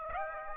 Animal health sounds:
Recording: mosquito wingbeat signal from an infrared sensor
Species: Aedes aegypti

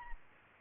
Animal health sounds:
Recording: mosquito wingbeat signal from an infrared sensor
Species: Aedes aegypti

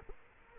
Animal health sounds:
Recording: mosquito wingbeat signal from an infrared sensor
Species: Culex quinquefasciatus

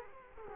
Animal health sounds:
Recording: mosquito wingbeat signal from an infrared sensor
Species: Culex quinquefasciatus

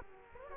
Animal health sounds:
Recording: mosquito wingbeat signal from an infrared sensor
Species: Culex quinquefasciatus

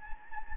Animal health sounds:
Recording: mosquito wingbeat signal from an infrared sensor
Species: Anopheles gambiae

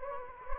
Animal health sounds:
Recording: mosquito wingbeat signal from an infrared sensor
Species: Anopheles gambiae

